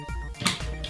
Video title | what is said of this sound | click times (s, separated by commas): FR - Legacy Thunder Megazord Mighty Morphin Power Rangers - Review de Megazord | un petit clic qui nous confirme que c'est bien verrouillé alors on a ici le | 0.5 s